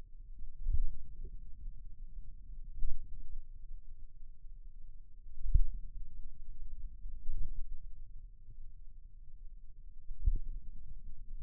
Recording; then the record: forearm muscle sounds (acoustic myography)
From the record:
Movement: finger pinch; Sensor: system 2, bracelet of six BSWA MPA416 microphones around the upper forearm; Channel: 6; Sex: male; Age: 22 years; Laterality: right